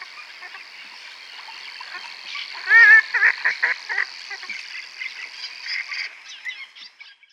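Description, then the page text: Grey-headed swamphen giving a burst of harsh, nasal calls with wavering notes about three seconds in, over a steady high hiss and scattered faint chatter. "Andrew Spencer - Султанка (Porphyrio poliocephalus)"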